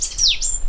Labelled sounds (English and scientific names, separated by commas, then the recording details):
Stitchbird (Notiomystis cincta) song
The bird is a male
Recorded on Tiritiri Matangi Island, New Zealand, in 2005
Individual 2, of nest box 2